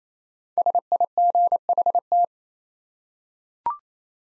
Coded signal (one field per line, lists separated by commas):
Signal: Morse code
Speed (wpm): 27 wpm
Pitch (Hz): 700 Hz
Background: none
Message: SIGHT